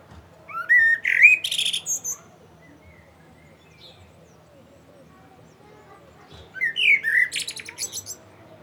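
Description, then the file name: Common blackbird song, two rich whistled phrases each finished with a burst of high, scratchy twittering, separated by several seconds of quiet. "Turdus merula"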